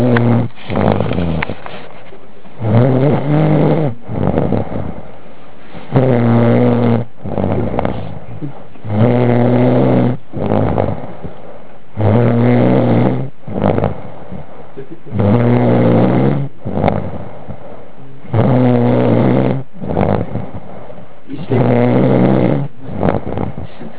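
An adult snoring in sleep: low-pitched, harmonic snores repeating steadily at about 19 per minute, with quieter breathing between them.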